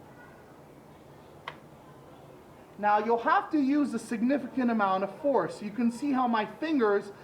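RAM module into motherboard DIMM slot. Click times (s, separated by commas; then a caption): 1.5 s. A memory (RAM) module is pressed straight down with two thumbs into its motherboard DIMM slot, and a single sharp click at 1.5 s marks the retention arms snapping shut as the stick seats. Someone then talks from about 2.8 s to the end.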